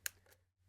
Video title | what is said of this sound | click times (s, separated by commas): Leica's Cheapest Camera Is Amazing! (Leica T) | and you can hear it click again and it'll pop right out | 0.1 s